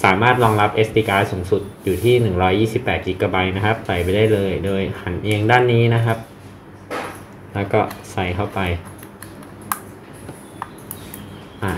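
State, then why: Seated. A plastic micro SD card is pushed into the card slot of an H11 power-bank spy camera and seats with a click. Someone talks for the first six seconds, then there are quiet handling sounds and small sharp ticks. The loudest sharp click, at 9.7 s, is the card latching in.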